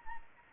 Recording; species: mosquito wingbeat signal from an infrared sensor; Anopheles arabiensis